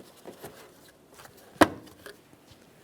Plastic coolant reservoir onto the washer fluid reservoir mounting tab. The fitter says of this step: After an audible click, we're going to be paying attention to the mounting bolt port next.